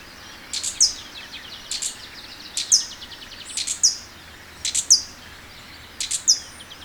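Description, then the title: Black-crested Warbler repeating bright, high, thin chips about once a second, with soft high twittering in the background. "Myiothlypis Nigrocristata"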